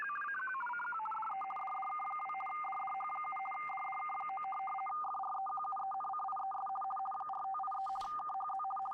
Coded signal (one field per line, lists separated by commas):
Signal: RTTY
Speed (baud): 50 baud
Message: DDK2 DDH7 DDK9 FREQUENCIES 4583 KHZ